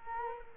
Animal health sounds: mosquito wingbeat signal from an infrared sensor; Culex quinquefasciatus

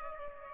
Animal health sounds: mosquito wingbeat signal from an infrared sensor; Aedes aegypti

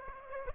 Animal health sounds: mosquito wingbeat signal from an infrared sensor; Aedes aegypti

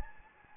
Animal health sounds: mosquito wingbeat signal from an infrared sensor; Anopheles gambiae

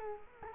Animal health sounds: mosquito wingbeat signal from an infrared sensor; Culex quinquefasciatus

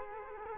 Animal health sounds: mosquito wingbeat signal from an infrared sensor; Culex quinquefasciatus

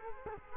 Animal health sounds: mosquito wingbeat signal from an infrared sensor; Culex quinquefasciatus

